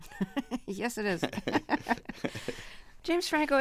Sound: laughter

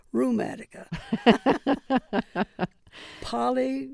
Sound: laughter

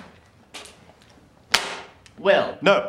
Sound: soundbite of handclap

